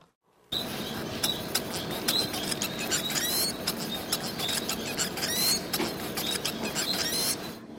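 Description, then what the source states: White-rumped munia song, a fast string of high thin notes and buzzy sweeps over a noisy background, after a brief silent start. Wild ancestor of the domesticated Bengalese finch, played in a lecture; song looks complicated but is repetition of the same sequences; wild munias sing simpler song and are more stressed and aggressive.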